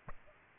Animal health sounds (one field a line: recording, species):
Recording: mosquito wingbeat signal from an infrared sensor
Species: Aedes aegypti